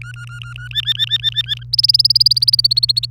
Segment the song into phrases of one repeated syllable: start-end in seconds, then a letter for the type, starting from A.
0.01-0.68 A, 0.71-1.64 B, 1.73-3.06 C